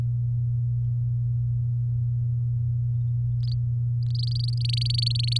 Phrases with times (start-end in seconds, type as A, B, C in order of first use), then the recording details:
4.10-5.38 A. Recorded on 7 May 2018 at 16:03. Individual llb16